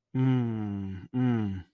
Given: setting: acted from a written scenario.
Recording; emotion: vocal sound without words; sympathy